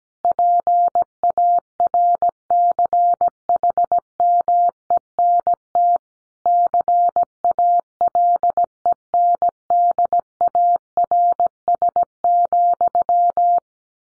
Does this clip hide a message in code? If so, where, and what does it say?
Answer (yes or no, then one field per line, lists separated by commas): yes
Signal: Morse code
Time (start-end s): 0.2-13.6 s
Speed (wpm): 17 wpm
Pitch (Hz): 700 Hz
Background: none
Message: PARCHMENT CALENDARS,